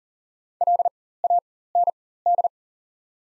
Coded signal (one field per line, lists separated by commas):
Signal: Morse code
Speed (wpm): 40 wpm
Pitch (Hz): 700 Hz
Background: none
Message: LAND